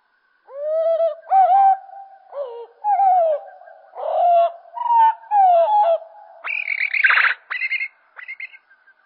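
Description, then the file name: Common blackbird song played slow: varied deep warbling phrases, then a louder harsh, high twittering phrase and a few scattered notes. Song slowed down. "Merle Et Merle Au Ralenti Merle noir ralenti"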